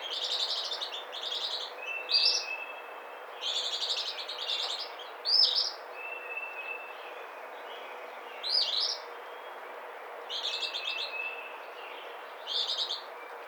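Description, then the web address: Eastern phoebe song: short, raspy, buzzy two-part phrases repeated every few seconds, with a thin, faint high tone between some of them. Recorded on 21 April 2009. "Eastern Phoebe 2009 04 21"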